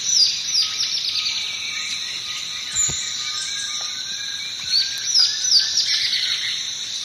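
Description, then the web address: Dot-winged Antwren song: quick series of high, descending notes over a steady loud hum of insects. Song; eastern lowlands of South America. "Natures Songs S America Eastern Lowlands. Microrhopias quixensis, song"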